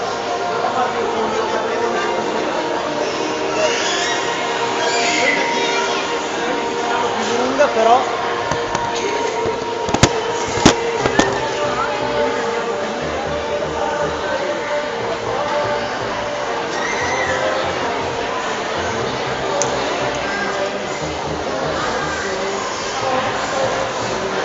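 Crowd chatter and overlapping voices fill a shopping-centre soap-bubble workshop, steady throughout, with a few sharp pops or clicks around ten seconds.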